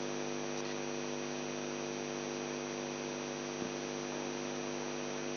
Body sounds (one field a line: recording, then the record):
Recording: brain microelectrode recording played as sound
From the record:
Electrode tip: outside the subthalamic nucleus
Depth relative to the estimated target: 4 mm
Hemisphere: left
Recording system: AlphaMap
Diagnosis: Parkinson's disease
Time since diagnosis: 11 years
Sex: male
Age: 42 years